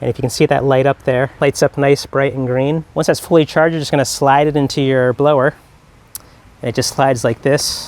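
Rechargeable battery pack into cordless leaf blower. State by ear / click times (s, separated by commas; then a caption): not seated / none. Someone talks while a rechargeable battery pack is slid into the plastic battery slot of a cordless leaf blower, with a brief sharp tick at about 6.2 s during a quiet pause. The pack has not seated or clicked into place yet.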